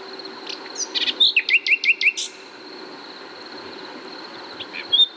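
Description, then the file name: Common nightingale phrase with a few sharp chirps leading into a rhythmic series of about five emphatic repeated notes, then quiet and a brief note near the end. "Luscinia megarhynchos"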